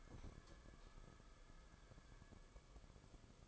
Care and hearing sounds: daily activity, microphone in the room; light off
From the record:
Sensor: 5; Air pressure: 994.5 hPa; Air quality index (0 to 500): 191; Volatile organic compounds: 1000 ppm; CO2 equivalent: 5631 ppm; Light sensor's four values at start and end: 27/70/28/33 and 26/65/27/32

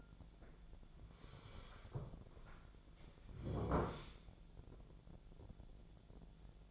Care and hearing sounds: daily activity, microphone in the room; sit down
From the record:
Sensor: 5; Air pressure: 1008.0 hPa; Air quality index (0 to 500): 153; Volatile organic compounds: 3 ppm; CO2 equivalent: 1470 ppm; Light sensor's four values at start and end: 58/163/63/63 and 58/163/63/63

